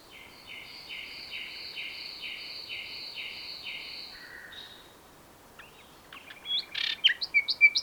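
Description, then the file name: Common nightingale song: a steady string of soft, evenly repeated double notes, a short gap, then louder, varied chirps and whistles. "Luscinia megarhynchos"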